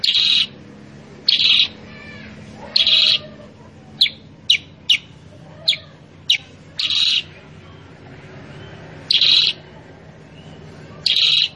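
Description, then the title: Sooty-headed bulbul song notes: loud harsh buzzy bursts alternating with sharp high chips, irregularly spaced over a steady low background hum. Masteran training recording for caged birds, presented as a lure (pancingan) to make kutilang sutra very chatty (gacor) with a sharp, spicy voice (suara pedas). "Masteran Kutilang Sutra. PANCINGAN AMPUH KUTILANG SUTRA SUPER GACOR SUARA PEDAS"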